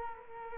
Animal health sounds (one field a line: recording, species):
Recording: mosquito wingbeat signal from an infrared sensor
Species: Culex quinquefasciatus